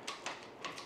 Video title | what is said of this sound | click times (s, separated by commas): Kalashni-Con 2024 Rig Setup! | as you slide it in you can hear it click | 0.1 s, 0.3 s, 0.6 s